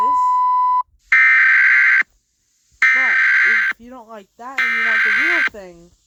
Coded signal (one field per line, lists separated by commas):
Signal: Emergency Alert System (SAME) tones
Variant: header bursts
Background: speech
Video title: goofy ahhhhh eas tutorial